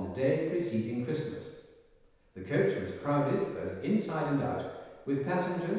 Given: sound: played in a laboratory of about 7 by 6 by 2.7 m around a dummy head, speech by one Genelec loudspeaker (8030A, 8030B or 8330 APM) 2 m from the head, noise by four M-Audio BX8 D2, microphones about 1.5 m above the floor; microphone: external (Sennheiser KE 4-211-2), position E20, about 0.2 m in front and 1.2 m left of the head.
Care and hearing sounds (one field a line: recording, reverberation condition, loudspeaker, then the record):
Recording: male speech in English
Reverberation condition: high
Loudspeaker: behind (180 degrees)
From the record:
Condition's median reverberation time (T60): about 1300 ms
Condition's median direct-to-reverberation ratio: about -4.0 dB